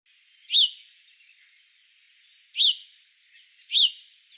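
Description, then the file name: House sparrow call: three loud, abrupt chirps with falling pitch, spaced unevenly over four seconds. "Passer domesticus"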